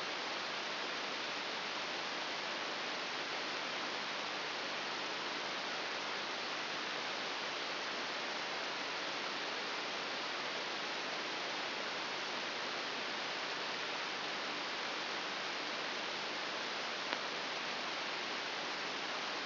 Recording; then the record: brain microelectrode recording played as sound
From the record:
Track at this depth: inside the subthalamic nucleus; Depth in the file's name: 4.801 mm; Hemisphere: right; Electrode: 3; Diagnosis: Parkinson's disease